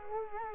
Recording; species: mosquito wingbeat signal from an infrared sensor; Culex quinquefasciatus